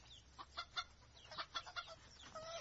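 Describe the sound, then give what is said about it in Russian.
A black grouse hen perched on a branch about 30 metres away gives a chicken-like clucking: a quick, irregular run of short, sharp clucks, fairly faint, ending in a brief drawn-out note, with no one talking. “Села на ветку 30 метров от Таньки, склонила голову и произнесла совершенно по-куриному и с тем же идиотским выражением”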